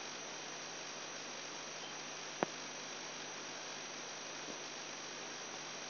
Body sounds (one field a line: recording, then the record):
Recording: brain microelectrode recording played as sound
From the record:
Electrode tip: outside the subthalamic nucleus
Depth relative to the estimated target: -4 mm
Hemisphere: right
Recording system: AlphaMap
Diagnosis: Parkinson's disease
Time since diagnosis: 10 years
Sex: male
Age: 58 years